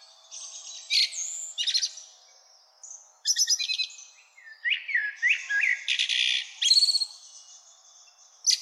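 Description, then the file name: Common blackbird singing a run of mellow whistled notes mixed with dense high chattering trills, phrases following each other quickly with short gaps. "Turdus merula"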